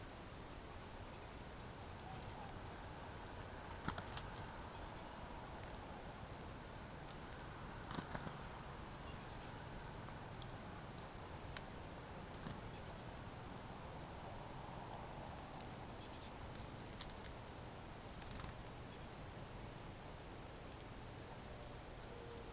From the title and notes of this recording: Soundscape recordings made in the Eastern part of Parry Sound District of Ontario or what is locally known as the Almaguin Highlands. Inside that bird feeder was an audio recorder that captured the overnight soundscapes of spring.